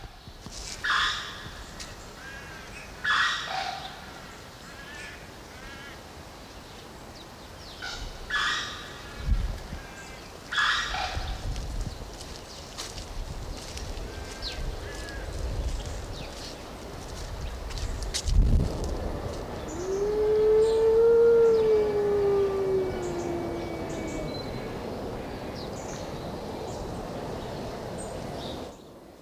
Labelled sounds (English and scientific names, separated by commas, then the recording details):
Gray Wolf (Canis lupus) howling
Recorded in captivity
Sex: group
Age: adult
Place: Zoo Berlin, Berlin, DE
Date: 1988-11-12 10:12
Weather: bedeckt, 8-12°C
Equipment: Sony WM-D6C, Kopie 19 cm
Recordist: Tembrock, Günter